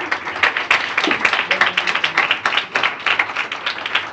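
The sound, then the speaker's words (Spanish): An audience applauding the Lord, a dense crackle of many hands clapping at once with no pauses, the loud rattle holding an even level throughout. “Eso, aplauda al Señor.”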